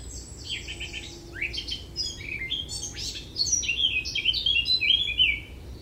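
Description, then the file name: Eurasian blackcap song: soft scratchy twitter at first, then a loud run of fluting, whistled notes in the second half. "Sylvia atricapilla"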